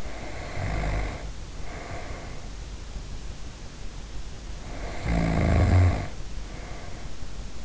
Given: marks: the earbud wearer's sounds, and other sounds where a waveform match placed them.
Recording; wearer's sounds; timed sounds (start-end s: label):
sounds in sleep by an in-ear microphone; snoring breath
0.00-2.68 s: snoring breath
4.40-7.53 s: snoring breath